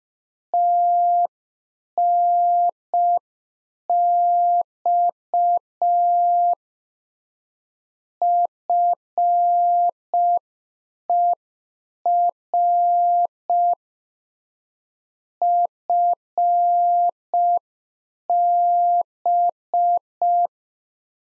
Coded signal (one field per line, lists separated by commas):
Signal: Morse code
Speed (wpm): 5 wpm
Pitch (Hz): 700 Hz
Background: none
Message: TNX FER FB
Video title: Practice QSO - Exchange 4- Ending - 5wpm